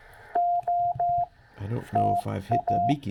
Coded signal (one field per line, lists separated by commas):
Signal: Morse code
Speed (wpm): 15 wpm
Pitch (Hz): 700 Hz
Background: speech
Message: OTA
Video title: Stewart Forest State Park, K-5502. CW on the 21st of May 2023